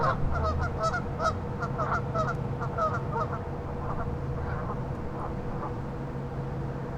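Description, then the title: Goose honks from several birds, overlapping nasal calls fading after the first few seconds, over a steady low hum. "neoscenes: geese"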